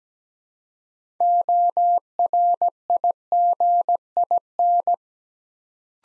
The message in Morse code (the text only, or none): ORIGIN